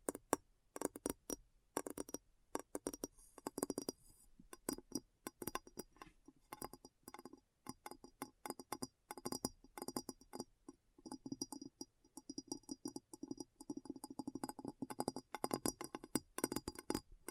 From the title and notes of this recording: ASMR Addictive Tapping. (No Talking).